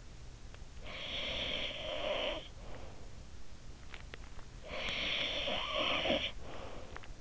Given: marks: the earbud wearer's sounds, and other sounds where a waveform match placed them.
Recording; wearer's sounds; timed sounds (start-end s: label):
sounds in sleep by an in-ear microphone; snoring breath
0.32-3.17 s: snoring breath
4.24-7.21 s: snoring breath